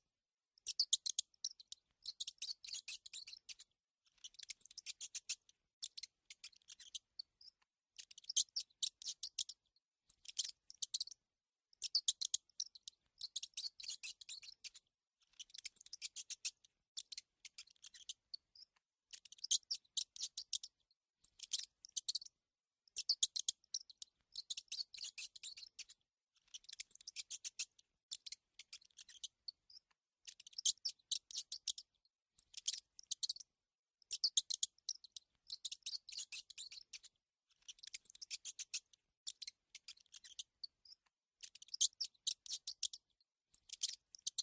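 A mouse squeaks in rapid, thin bursts, very high-pitched with nothing low underneath. The chittering comes in short clusters every two to three seconds, separated by brief silences, and keeps this pattern throughout at a fairly even level.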